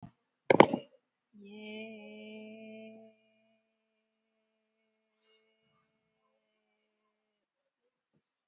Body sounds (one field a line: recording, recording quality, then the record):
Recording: sustained vowel as in made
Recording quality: moderate, slight background noise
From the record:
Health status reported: COVID-19 positive, moderate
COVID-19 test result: positive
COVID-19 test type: RT-PCR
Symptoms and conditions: cough, cold, fever, loss of smell and taste, diabetes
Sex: female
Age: 54 years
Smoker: no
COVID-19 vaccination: one dose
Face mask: worn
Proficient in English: yes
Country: India